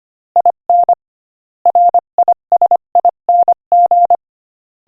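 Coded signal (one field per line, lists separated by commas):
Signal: Morse code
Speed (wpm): 25 wpm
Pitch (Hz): 700 Hz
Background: none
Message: IN RISING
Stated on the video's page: Morse code listening practice at 25 wpm, sending an inspirational quotation.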